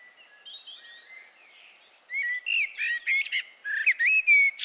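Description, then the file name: Eurasian blackbird, soft thin notes at first, then a series of louder whistled, chirping notes. "Turdus merula"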